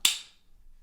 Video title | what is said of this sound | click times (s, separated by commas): Benchmade Mini Bugout - Can a EDC Knife Be This Good??? | when i flick it out it just you know it's got that authoritative lock and then you just push that bar | 0.0 s